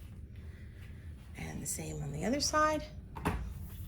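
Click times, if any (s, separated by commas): 3.2 s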